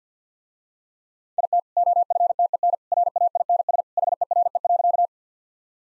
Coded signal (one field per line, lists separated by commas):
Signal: Morse code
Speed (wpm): 50 wpm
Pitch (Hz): 700 Hz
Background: none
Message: IT OFTEN RAINS HERE.